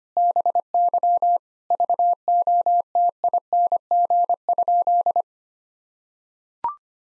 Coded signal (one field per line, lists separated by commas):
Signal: Morse code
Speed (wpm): 25 wpm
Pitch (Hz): 700 Hz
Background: none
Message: BY VOTING?